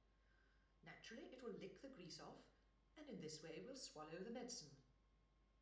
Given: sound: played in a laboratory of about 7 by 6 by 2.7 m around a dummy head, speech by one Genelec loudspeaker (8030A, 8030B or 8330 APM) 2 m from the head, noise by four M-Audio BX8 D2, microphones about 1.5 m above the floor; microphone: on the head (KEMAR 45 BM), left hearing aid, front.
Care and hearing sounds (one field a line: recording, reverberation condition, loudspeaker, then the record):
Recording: female speech in English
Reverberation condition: medium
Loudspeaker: 120 degrees to the left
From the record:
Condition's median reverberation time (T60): about 510 ms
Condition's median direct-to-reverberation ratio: about -0.5 dB